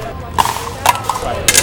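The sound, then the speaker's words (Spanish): Dice thrown during a game of parqués clatter in a few quick, sharp bursts of clicking and rattling, irregularly spaced over a second and a half, with a faint murmur of background noise between the hits. “¿Cómo juegan Parque? Para mí a los dados contra el Bid.”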